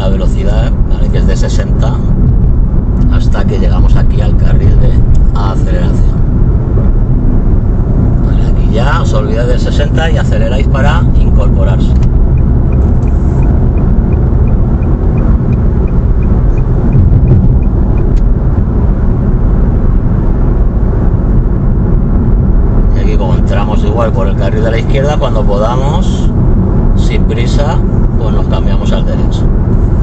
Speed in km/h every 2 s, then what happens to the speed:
59, 60, 59, 61, 66, 73, 81, 80, 80, 79, 78, 78, 76, 76, 75.
0-6 steady at about 59. 6-12 speeds up to 81. 12-30 steady at about 78.